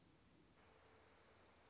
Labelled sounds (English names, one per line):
Dark-eyed Junco